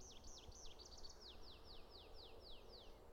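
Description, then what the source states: Tree pipit song: a fast run of high, looping chirps followed by a series of repeated descending slurred notes, with low background rumble. Singing about 150 metres up a lay-by in Sherwood Forest during the dawn chorus; the song's ending is likened to 'pew pew pew pew', like a cowboy's guns going off.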